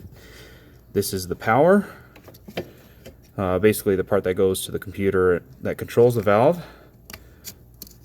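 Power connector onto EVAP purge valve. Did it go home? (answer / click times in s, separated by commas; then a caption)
yes / 7.8 s. Someone talks while the power connector for the EVAP purge valve on a 5.7 Hemi Dodge Charger, the connector that goes to the computer controlling the valve, is pushed all the way onto the new valve. Small clicks and taps sound between the phrases, and a sharp click at 7.8 s marks the connector seating.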